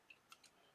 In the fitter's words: there that fit right in the Box perfectly listen to that snaps right in